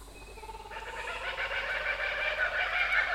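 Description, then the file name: Kookaburra laugh starting up: a few soft notes, then a loud burst of rapid cackling that builds toward the end. "kukabara"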